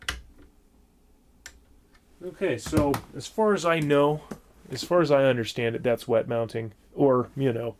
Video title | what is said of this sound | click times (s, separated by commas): Scope mounting is complicated.… | Go until it clicks. | 0.1 s